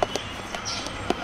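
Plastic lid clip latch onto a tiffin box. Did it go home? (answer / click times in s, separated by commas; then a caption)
yes / 0.0 s, 0.2 s, 0.6 s, 1.1 s. Plastic locking clips on the lid of a plastic tiffin box are pressed down by hand until they lock. Sharp plastic clicks are heard at 0.0, 0.2, 0.6 and 1.1 seconds over a steady background hum. The lid is locked shut.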